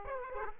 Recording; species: mosquito wingbeat signal from an infrared sensor; Aedes aegypti